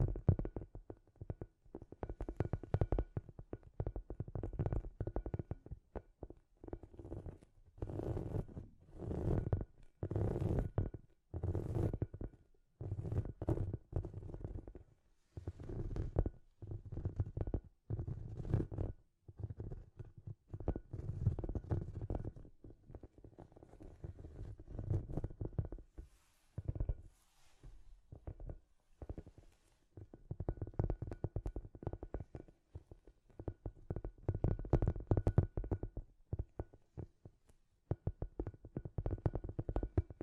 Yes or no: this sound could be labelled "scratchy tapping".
yes